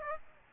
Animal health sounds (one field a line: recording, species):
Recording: mosquito wingbeat signal from an infrared sensor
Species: Aedes aegypti